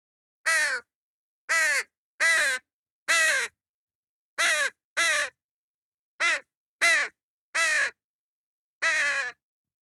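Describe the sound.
Crow giving a series of raspy caws at irregular intervals, over clean silence.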